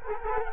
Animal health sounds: mosquito wingbeat signal from an infrared sensor; Culex quinquefasciatus

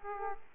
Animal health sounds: mosquito wingbeat signal from an infrared sensor; Aedes aegypti

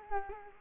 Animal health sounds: mosquito wingbeat signal from an infrared sensor; Culex quinquefasciatus

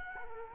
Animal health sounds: mosquito wingbeat signal from an infrared sensor; Culex quinquefasciatus

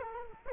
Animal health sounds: mosquito wingbeat signal from an infrared sensor; Culex quinquefasciatus

